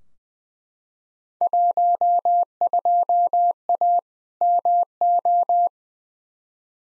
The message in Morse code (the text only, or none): 12A MO